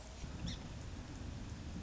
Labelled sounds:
Song Sparrow
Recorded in Sonoma County, California

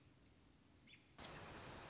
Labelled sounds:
American Robin
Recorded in Sonoma County, California

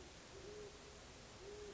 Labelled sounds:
Great Horned Owl
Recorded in Sonoma County, California

